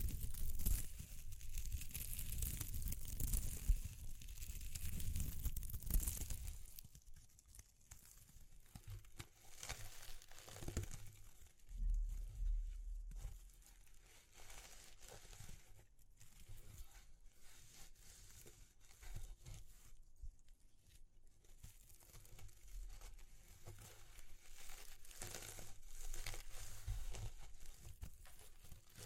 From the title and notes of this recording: ASMR Exploring Textures (No Talking).